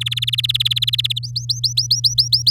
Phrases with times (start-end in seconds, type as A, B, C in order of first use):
0.01-1.19 A, 1.23-2.51 B